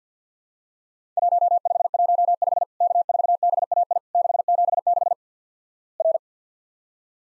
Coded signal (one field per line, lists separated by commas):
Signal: Morse code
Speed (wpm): 50 wpm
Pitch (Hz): 700 Hz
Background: none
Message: 1515 K4BAI 676 R